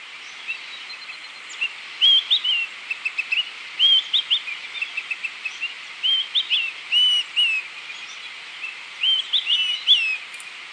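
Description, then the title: Bird delivering quick runs of bright chirps and twisting whistled notes in repeated phrases, with short gaps between bursts, against constant hissing noise. "LuckyPassaro Completos2Sama"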